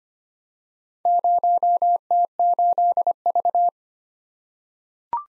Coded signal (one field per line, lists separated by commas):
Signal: Morse code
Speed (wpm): 25 wpm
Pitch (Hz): 700 Hz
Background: none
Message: 0T8V